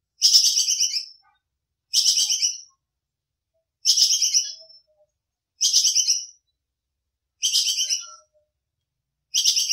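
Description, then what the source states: Squirrel giving short, high, rattling chatters, five bursts about two seconds apart and the start of a sixth, each fading at its end. Squirrel 'kekes' call, described as gacor (calling constantly), used for masteran training.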